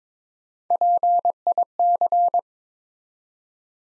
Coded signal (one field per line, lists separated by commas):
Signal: Morse code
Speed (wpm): 23 wpm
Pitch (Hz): 700 Hz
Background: none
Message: PIC